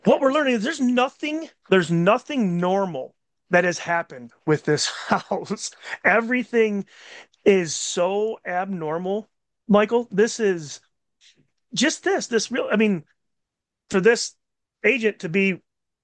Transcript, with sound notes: What we're learning is there's nothing, there's nothing normal that has happened with this house. (laughs) Everything is so abnormal. Michael, this is, just this, this real, I mean, for this agent to be,